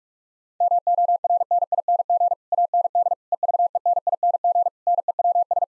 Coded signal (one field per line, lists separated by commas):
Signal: Morse code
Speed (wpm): 46 wpm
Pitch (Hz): 700 Hz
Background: none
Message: MORNING AND EVENING NEWS